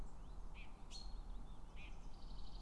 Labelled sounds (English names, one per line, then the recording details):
Common Chaffinch
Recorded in Germany
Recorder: ecoPi